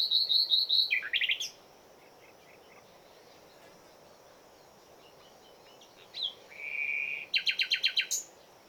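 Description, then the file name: Common nightingale song: a rapid series of loud, ringing repeated notes, a pause of several seconds, then a steady whistle and another fast pulsing burst of repeated notes. "Luscinia megarhynchos"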